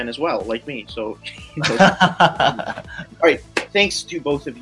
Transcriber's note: laugh